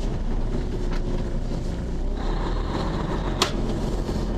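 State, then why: Seated. A metal locking latch on a heavy-haul low-loader truck/trailer is pushed in over a steady vehicle rumble until it engages with a sharp metallic knock at 3.4 s. The latch is locked in.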